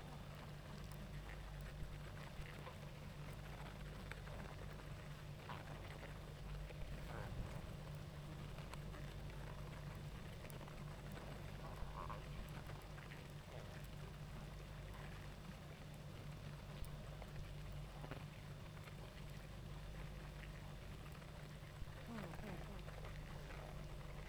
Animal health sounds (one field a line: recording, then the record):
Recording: honeybee colony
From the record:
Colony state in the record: active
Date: 28 July 2017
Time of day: 19:30